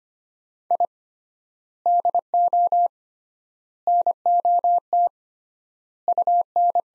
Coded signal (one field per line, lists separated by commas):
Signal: Morse code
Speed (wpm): 25 wpm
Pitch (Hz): 700 Hz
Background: none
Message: I DO NOT UN